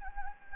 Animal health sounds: mosquito wingbeat signal from an infrared sensor; Anopheles gambiae

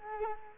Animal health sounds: mosquito wingbeat signal from an infrared sensor; Culex quinquefasciatus

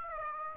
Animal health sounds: mosquito wingbeat signal from an infrared sensor; Aedes aegypti

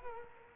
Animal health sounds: mosquito wingbeat signal from an infrared sensor; Culex quinquefasciatus

